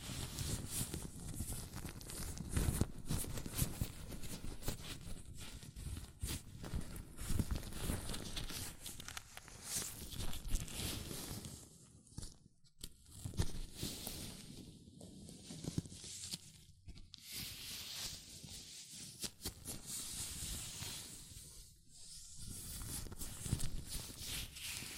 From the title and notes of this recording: ASMR Latex Gloves Hand Sounds (No Talking).